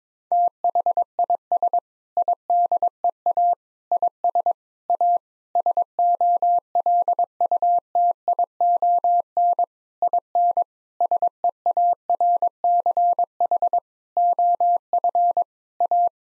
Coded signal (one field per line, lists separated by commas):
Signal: Morse code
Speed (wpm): 22 wpm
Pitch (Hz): 700 Hz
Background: none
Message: THIS IDEA IS A SOLUTION IN SEARCH OF A